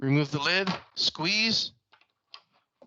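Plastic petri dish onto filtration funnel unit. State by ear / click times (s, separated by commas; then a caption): seated / 2.3 s. Someone talks, then a plastic media petri dish is pressed onto the filtration funnel unit under the exposed membrane after the lid is removed and it is squeezed. A few faint taps follow, then a sharp click at 2.3 s as the dish seats into place.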